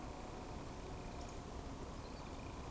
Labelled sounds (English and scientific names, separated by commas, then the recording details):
Eurasian Woodcock (Scolopax rusticola) whistle
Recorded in Baden-Württemberg, Germany, on 25 June 2020 at 20:17 UTC
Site 24578, 122 m above sea level